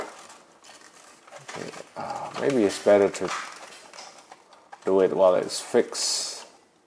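A plastic wing piece of a Playskool Star Wars Galactic Heroes Poe's X-Wing Fighter toy is handled beside its slot on the toy spaceship body while someone talks. Faint handling knocks are heard around 4.3 s and 4.7 s. Nothing has seated or clicked yet.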